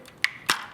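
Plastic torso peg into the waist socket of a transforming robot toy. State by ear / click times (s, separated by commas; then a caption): seated / 0.2 s. The upper torso of a large plastic transforming robot toy is folded in so its green peg pops into the waist hole, with a sharp, bright snap at 0.2 s as it locks the torso together. A second, duller knock follows at 0.5 s, with faint small ticks around it. The peg seats and the torso is locked.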